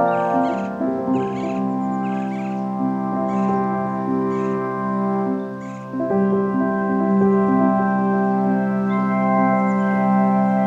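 Along the Anza Trail by the Santa Cruz River, a steady, layered droning hum runs the whole time. Short high chirps repeat about once a second for the first six seconds, then scattered softer calls follow as the hum swells slightly.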